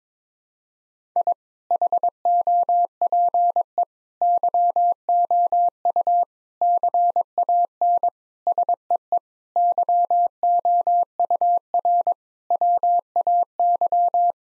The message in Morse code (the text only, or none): I HOPE YOU CAN SEE YOUR WAY